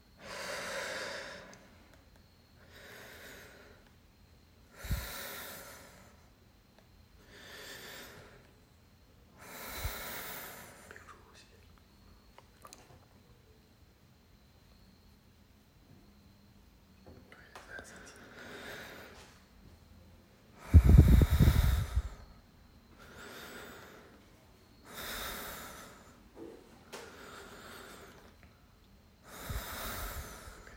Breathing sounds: deep breathing after running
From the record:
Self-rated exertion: light exertion (2 of 6); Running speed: 7 miles an hour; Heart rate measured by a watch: 119 beats a minute at the start, 120 at the end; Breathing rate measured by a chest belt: 9 breaths a minute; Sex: male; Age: 23 years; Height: 172 cm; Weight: 64 kg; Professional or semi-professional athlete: yes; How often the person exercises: 3 to 5 times a week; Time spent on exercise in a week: 2 to 3 hours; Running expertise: no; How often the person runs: 1 to 2 times a week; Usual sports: running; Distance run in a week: 15 km

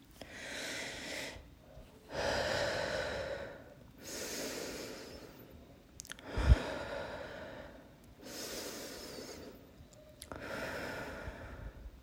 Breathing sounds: deep breathing after running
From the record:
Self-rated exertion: moderate exertion (3 of 6); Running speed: 5 miles an hour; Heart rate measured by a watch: 144 beats a minute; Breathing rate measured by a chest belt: 15 breaths a minute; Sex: female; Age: 18 years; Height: 171 cm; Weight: 75 kg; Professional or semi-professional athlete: no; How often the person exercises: 1 to 2 times a week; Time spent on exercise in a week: under 1 hour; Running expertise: no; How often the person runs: 1 to 2 times a week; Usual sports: running, fencing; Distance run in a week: 3 km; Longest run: 21.3 km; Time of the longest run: 190 minutes

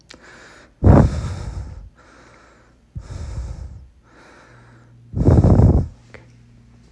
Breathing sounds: deep breathing after running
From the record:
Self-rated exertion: vigorous exertion (4 of 6); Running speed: 10 miles an hour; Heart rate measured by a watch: 105 beats a minute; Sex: male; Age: 37 years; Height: 174 cm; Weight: 76 kg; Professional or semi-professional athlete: no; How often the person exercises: over 5 times a week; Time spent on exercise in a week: over 5 hours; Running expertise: yes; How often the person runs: 3 to 5 times a week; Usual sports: running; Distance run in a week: 70 km

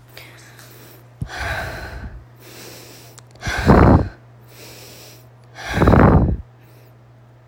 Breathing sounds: deep breathing after running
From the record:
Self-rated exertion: light exertion (2 of 6); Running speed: 6 miles an hour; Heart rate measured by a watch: 99 beats a minute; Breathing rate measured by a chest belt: 32 breaths a minute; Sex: female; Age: 30 years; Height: 160 cm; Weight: 51 kg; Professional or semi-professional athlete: no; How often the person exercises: 3 to 5 times a week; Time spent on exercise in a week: over 5 hours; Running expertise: no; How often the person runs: 3 to 5 times a week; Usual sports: running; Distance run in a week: 60 km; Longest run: 42 km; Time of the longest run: 267 minutes

